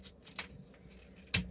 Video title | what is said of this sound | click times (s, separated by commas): Removing And Installing Glacier Bay Kitchen Faucet #sinks #glacierbay | and then that should click into right here | 1.3 s